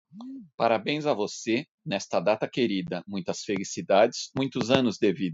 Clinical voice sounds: short text; Brazilian Portuguese; male; 50 to 59 years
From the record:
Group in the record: control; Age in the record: 50 years

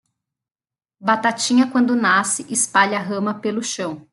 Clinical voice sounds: short text; Brazilian Portuguese; female; 30 to 39 years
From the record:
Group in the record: control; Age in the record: 32 years

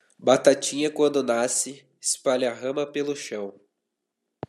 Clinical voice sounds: short text; Brazilian Portuguese; male; 20 to 29 years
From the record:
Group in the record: control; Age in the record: 20 years

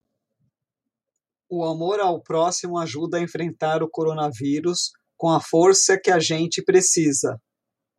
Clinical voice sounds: spoken sentence; Brazilian Portuguese; female; 50 to 59 years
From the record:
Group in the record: control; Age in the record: 51 years

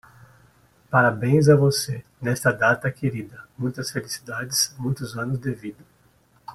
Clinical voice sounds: short text; Brazilian Portuguese; male; 40 to 49 years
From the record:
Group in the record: control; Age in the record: 49 years

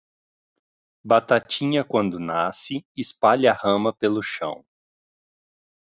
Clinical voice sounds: short text; Brazilian Portuguese; male; 30 to 39 years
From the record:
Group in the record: control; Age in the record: 34 years

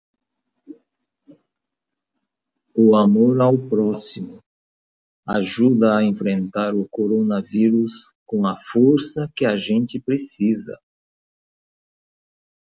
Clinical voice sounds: spoken sentence; Brazilian Portuguese; male; 60 to 69 years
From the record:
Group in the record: control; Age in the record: 68 years

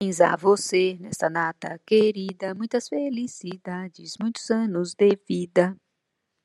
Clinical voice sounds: short text; Brazilian Portuguese; female; 50 to 59 years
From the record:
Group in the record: control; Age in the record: 51 years

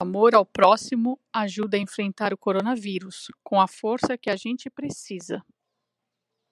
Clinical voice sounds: spoken sentence; Brazilian Portuguese; female; 40 to 49 years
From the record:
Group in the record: control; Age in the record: 42 years

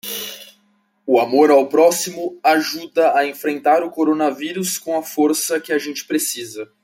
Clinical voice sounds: spoken sentence; Brazilian Portuguese; male; 20 to 29 years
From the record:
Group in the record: control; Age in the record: 22 years

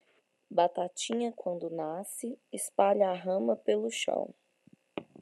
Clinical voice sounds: short text; Brazilian Portuguese; female; 30 to 39 years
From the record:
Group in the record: control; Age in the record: 36 years

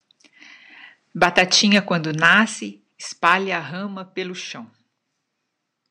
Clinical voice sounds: short text; Brazilian Portuguese; female; 60 to 69 years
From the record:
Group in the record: control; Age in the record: 60 years

